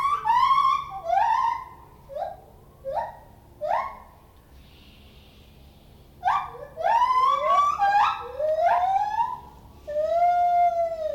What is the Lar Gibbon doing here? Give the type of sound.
call